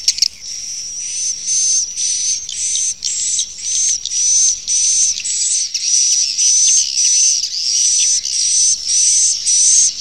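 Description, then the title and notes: Swiftlet calls as rapid rasping high bursts, roughly two per second, with a faint whistled tone threading through the chatter. Swiftlet sound used in swiftlet farming in Asia. "Swiflet Bird Sound. Farming Swiflet Bird asia sound"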